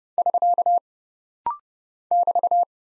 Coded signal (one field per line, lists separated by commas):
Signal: Morse code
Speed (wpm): 30 wpm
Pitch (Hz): 700 Hz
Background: none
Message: <SK> <BT>